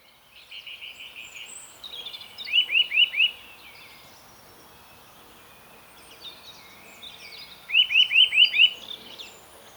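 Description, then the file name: Eurasian nuthatch calls: clear series of high, sharp rising notes, four in quick succession, then a run of five several seconds later. "Sitta europaea"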